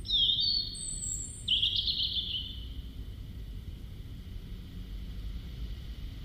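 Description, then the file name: European robin with high silvery warbling, a thin whistled note, then a rippling descending phrase. Quiet low rumble and hiss follow for the rest. "Erithacus rubecula"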